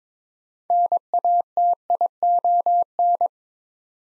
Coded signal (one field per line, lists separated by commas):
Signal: Morse code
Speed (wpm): 22 wpm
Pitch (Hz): 700 Hz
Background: none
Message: NATION